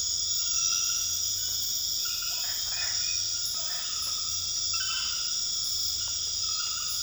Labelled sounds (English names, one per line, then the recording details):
none
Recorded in dense forest near Puerto Asís, Putumayo, Colombia, on 9 March 2025 at 22:30
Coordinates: 0.484, -76.325
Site G045